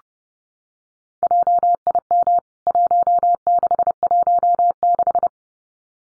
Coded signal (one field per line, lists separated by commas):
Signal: Morse code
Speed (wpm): 30 wpm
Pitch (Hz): 700 Hz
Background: none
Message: JIM 1616